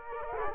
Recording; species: mosquito wingbeat signal from an infrared sensor; Culex quinquefasciatus